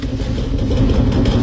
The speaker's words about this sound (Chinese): 哎呀，真是雨下的太大了。这边还打雷呢，你